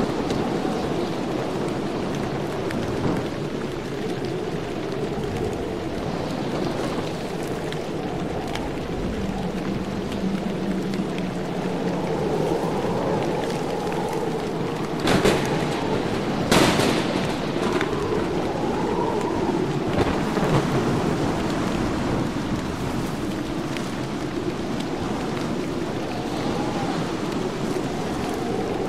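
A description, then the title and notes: Rain falls steadily in a dense, even hiss, with deep rolling rumbles of thunder surging and fading underneath throughout. Around the middle a few sharp, bright cracks stand out, and the overall level stays fairly constant from start to end. Thunder, Rain, and Wind.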